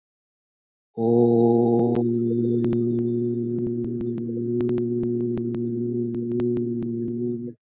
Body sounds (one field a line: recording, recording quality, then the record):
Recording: sustained vowel as in boot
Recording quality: excellent, no background noise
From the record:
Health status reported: healthy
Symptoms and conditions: cold, fatigue, muscle pain, loss of smell and taste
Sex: male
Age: 39 years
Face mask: not worn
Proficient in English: yes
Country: India